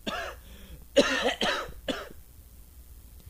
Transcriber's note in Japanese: 咳き込む